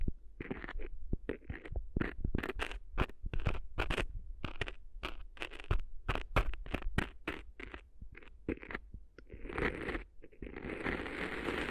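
Ear-cleaning sounds made up of rapid, crisp crackles and scratchy taps, coming in dense bursts several times a second for most of the clip. Toward the end the clicks thin out and give way to a steadier, bright rustling hiss.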